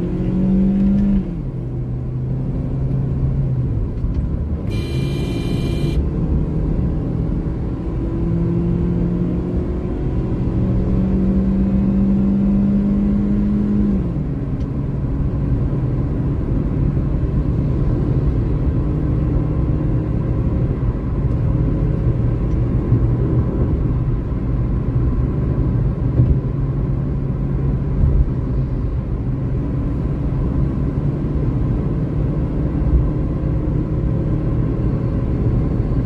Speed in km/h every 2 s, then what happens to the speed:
63, 68, 73, 84, 90, 98, 104, 108, 112, 115, 117, 121, 114, 109, 107, 111, 117, 121.
0-21 speeds up to 121. 21-27 slows to 107. 27-36 speeds up to 121.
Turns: none.